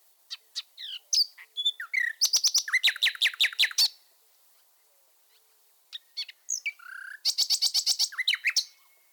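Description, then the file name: Common nightingale singing two phrases separated by a pause, each a mix of sharp ticks and fast repeated, loud clicking notes. "fulemule"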